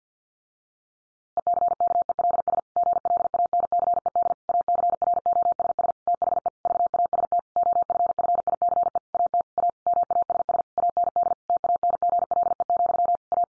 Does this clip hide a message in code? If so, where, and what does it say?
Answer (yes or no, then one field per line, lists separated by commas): yes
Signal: Morse code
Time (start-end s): 1.4-13.4 s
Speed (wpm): 50 wpm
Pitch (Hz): 700 Hz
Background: none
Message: ECKELS GLANCED ACROSS THE VAST OFFICE AT A MASS AND TANGLE, A